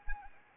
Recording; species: mosquito wingbeat signal from an infrared sensor; Anopheles arabiensis